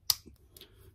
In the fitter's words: firing pin assembly just push it and then turn it counterclockwise until it snaps into the little detent